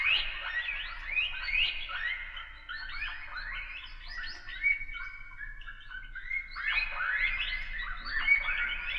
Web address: 1001 Sound Effects Halloween Horror Sounds Effects Scary Sounds Rats